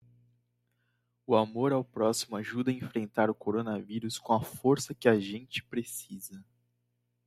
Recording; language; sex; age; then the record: spoken sentence; Brazilian Portuguese; male; 20 to 29 years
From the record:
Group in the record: control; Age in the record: 20 years